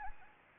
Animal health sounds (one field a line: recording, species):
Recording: mosquito wingbeat signal from an infrared sensor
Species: Anopheles arabiensis